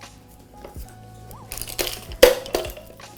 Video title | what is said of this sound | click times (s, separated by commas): Eahora Tiger Max 35mph Urban Electric Scooter - Pt 1 Unboxing, Controls, Program Settings $140 Off | and you would hear this click and then you would put this to prevent it from unlocking | 2.2 s